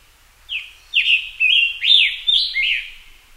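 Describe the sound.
Scarlet tanager song: six husky, buzzy phrases in quick succession over about three seconds.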